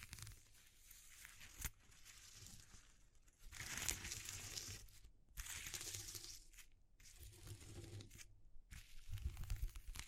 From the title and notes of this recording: ASMR Exploring Textures (No Talking).